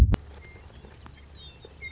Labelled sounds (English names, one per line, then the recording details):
Western Meadowlark
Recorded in Sonoma County, California